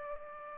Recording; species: mosquito wingbeat signal from an infrared sensor; Aedes aegypti